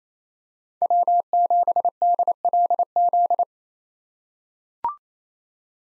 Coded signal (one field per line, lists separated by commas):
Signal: Morse code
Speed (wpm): 28 wpm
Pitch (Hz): 700 Hz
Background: none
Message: W7DLZ